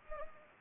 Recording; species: mosquito wingbeat signal from an infrared sensor; Anopheles gambiae